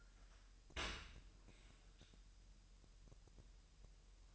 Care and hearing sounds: daily activity, microphone in the room; open dishwasher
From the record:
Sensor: 2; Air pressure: 1000.5 hPa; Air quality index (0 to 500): 246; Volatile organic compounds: 91 ppm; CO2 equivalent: 3691 ppm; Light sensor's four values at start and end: 9/21/9/9 and 9/22/9/9

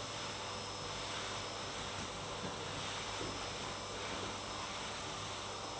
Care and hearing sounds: daily activity, microphone in the room; vacuum cleaning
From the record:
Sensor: 3

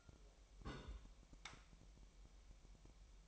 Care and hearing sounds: daily activity, microphone in the room; place on stove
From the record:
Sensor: 1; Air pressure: 1002.0 hPa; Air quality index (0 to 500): 246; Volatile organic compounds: 50 ppm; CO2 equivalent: 3301 ppm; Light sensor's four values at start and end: 5/12/5/6 and 5/12/5/6

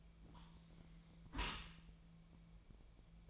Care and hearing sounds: daily activity, microphone in the room; close dishwasher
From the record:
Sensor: 1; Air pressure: 1000.5 hPa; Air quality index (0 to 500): 182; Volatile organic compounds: 4 ppm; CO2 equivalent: 1676 ppm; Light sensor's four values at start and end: 12/28/12/13 and 12/28/12/13

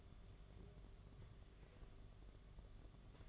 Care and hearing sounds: daily activity, microphone in the room; take from stove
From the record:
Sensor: 4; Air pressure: 1011.1 hPa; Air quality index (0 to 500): 142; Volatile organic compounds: 3 ppm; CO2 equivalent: 1456 ppm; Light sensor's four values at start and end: 214/557/236/246 and 171/445/189/196

